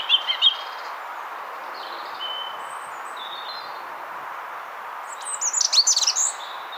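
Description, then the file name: European robin: brief high twitter at the start, faint thin whistles in the middle, then a short burst of rapid, jangling high notes near the end. "Erithacus rubecula"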